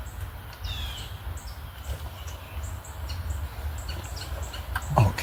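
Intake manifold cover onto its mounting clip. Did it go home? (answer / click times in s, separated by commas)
yes / 5.0 s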